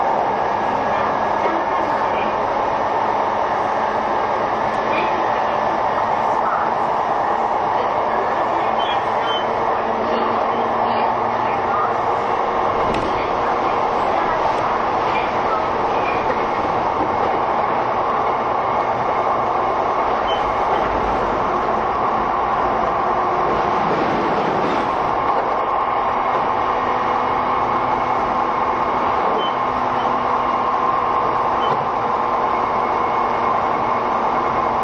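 A train runs steadily with a dense, even rumble and hum, a brief swell and dip around 24 seconds, and faint clicks throughout.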